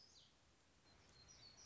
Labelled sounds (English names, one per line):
Black-throated Gray Warbler